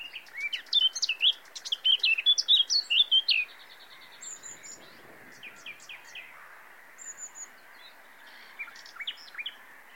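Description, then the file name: Common nightingale delivering a fast, loud phrase of chirps and repeated notes for about three seconds, followed by quieter scattered whistles and softer notes. "Luscinia megarhynchos"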